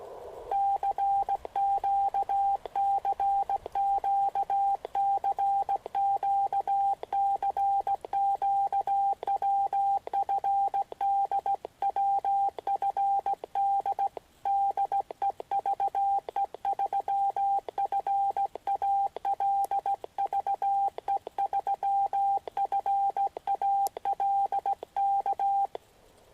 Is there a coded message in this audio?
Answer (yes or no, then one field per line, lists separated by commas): yes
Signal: Morse code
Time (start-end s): 0.5-25.7 s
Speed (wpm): 17 wpm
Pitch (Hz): 790 Hz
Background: radio noise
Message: CQ CQ CQ CQ WFD WFD DE VE3FAL VE3FAL K